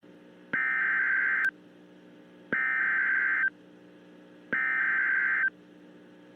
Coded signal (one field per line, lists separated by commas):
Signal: Emergency Alert System (SAME) tones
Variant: header bursts